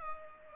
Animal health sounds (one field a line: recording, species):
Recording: mosquito wingbeat signal from an infrared sensor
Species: Culex pipiens